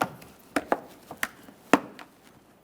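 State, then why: Seated. On a 2014-2019 Toyota Corolla, after the brake fluid is topped off, the plastic engine bay cover is pressed down onto its clips on the body near the brake fluid reservoir. A series of sharp plastic snaps comes at about 0.0, 0.6, 0.7, 1.1 and 1.2 seconds, with the loudest click at 1.7 seconds. The cover is seated on its clips.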